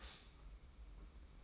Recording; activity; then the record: daily activity, microphone in the room; stop toaster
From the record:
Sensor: 1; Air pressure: 991.7 hPa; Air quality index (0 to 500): 170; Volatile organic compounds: 1000 ppm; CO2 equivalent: 6409 ppm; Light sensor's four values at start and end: 33/110/43/44 and 33/110/43/44